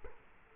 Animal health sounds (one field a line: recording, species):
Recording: mosquito wingbeat signal from an infrared sensor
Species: Culex quinquefasciatus